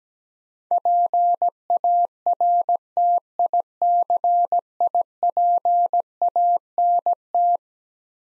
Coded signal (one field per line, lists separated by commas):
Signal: Morse code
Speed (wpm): 17 wpm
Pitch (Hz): 700 Hz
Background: none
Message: PARTICIPANT